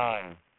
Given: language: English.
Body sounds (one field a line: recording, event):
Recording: throat vibration sensor signal played as sound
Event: speech